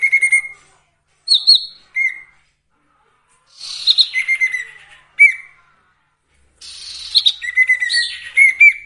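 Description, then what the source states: Sirtu song of short whistled notes and wavering slurs, separated by pauses, with a busier buzzy passage near the end. Training recording for songbirds with the full variation of sirtu phrases.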